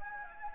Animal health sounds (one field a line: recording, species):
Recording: mosquito wingbeat signal from an infrared sensor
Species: Anopheles gambiae